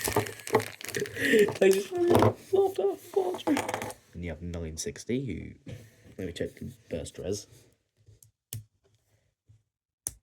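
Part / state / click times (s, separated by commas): spinning-top blade on its ratchet / seated / 10.1 s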